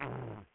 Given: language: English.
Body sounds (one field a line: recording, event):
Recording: throat vibration sensor signal played as sound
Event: throat clearing